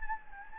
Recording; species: mosquito wingbeat signal from an infrared sensor; Anopheles gambiae